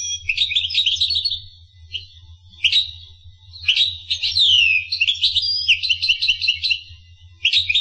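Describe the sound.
Finch song with twittering phrases, a slurred descending note and a fast repeated trill, broken by short pauses, over a low hum.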